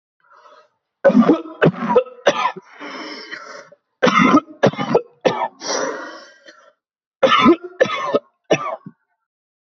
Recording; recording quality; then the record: heavy voluntary cough; excellent, no background noise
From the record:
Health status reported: healthy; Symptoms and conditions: none ticked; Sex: male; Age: 26 years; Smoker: not ticked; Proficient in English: yes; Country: India